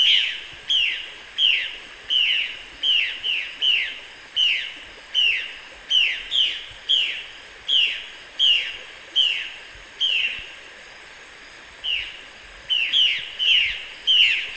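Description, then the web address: Violaceous jay giving clear, descending calls repeated a little more than once a second, with a brief pause near the end before the series resumes. "cantos urraviolacea"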